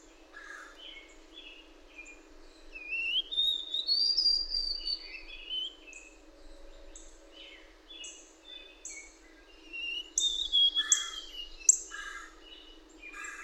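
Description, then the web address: Bird song with long sweeping whistles that rise and fall, interspersed with short chirps and scratchy notes over a soft background hiss. "birdsong 17"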